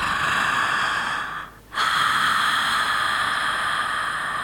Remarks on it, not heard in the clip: So we want that throat kind of closing a bit. The next step is trying to do that in and out. You can start hearing why it's called snoring breath. Your partner, husband, whoever, they probably sound like that when they start falling asleep.